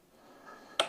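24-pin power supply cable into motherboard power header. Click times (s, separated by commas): 0.8 s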